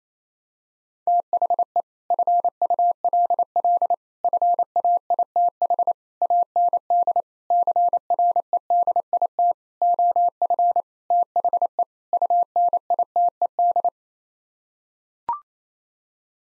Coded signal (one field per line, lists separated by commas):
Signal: Morse code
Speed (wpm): 28 wpm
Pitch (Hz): 700 Hz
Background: none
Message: THE FULL FAITH AND CREDIT OF THE UNITED